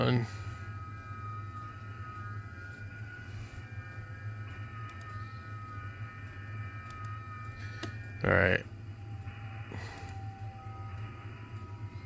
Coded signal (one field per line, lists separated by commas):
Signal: FT8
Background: speech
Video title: Setting up xiegu x6100 ft8 jtdx and wfview limited controls. Ham radio